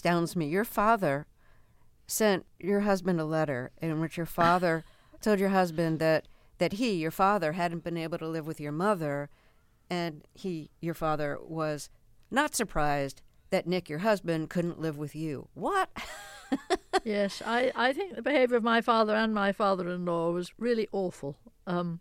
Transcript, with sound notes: Your father sent your husband a letter in which your father told your husband that that he, your father, hadn't been able to live with your mother and he, your father, was not surprised that Nick, your husband, couldn't live with you. What (laughter)?
Yes. I think the behavior of my father and my father-in-law was really awful.